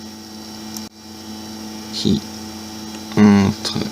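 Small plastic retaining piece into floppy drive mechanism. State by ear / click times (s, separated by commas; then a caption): not seated / none. A small plastic retaining piece is lined up on a floppy drive mechanism by hand, ready to be inserted and clipped home, over a steady mains hum while someone talks. A brief sharp tap sounds at about 0.8 s, but nothing has seated or clicked yet.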